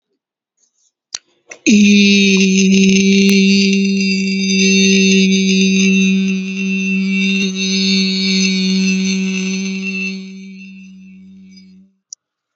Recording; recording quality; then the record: sustained vowel as in beet; excellent, no background noise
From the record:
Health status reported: healthy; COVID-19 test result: negative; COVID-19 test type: RT-PCR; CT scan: not taken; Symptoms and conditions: none ticked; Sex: male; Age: 27 years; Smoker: no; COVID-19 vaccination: both doses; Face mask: not worn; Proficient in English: yes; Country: India